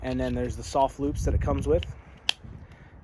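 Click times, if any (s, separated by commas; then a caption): 2.3 s. Someone talks while a fixed-blade knife is pushed into its molded sheath. At 2.3 seconds there is a sharp click as it snaps into the retention point and seats with good retention.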